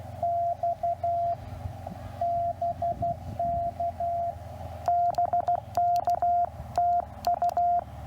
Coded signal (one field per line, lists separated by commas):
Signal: Morse code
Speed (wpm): 15 wpm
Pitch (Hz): 690 Hz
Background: radio noise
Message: X BK BK TU